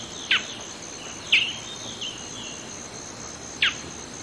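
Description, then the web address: Black-billed seed-finch giving three sharp, clipped call notes that drop quickly in pitch, spaced irregularly over a steady high insect drone. Recorded in Ecuador. "S America Birds of Ecuador. Black-billed Seed-Finch"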